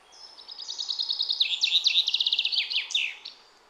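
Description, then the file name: Common chaffinch song, a rapid series of notes in descending phrases, closing with an emphatic flourish. "Fringilla coelebs"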